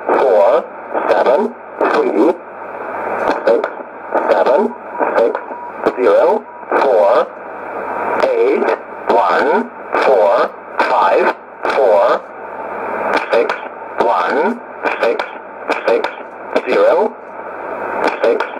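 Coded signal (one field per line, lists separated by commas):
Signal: numbers station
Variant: E07a, English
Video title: 09 02 2019 E07a English Man Numbers station in English to Eu 0925 on 12153 unknown tx site USB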